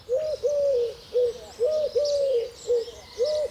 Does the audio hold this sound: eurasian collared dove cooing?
yes